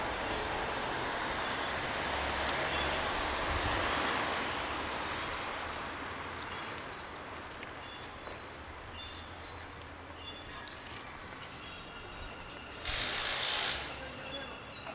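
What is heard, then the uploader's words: A soundwalk in Margate: a steady, dense wash of noise with a low hum underneath, strongest in the first few seconds. From about six seconds, short high chirps, like a bird, repeat roughly every second. Near thirteen seconds a loud bright hiss bursts briefly. Soundwalk in Margate. Recorded with handheld Sony PCM-A10.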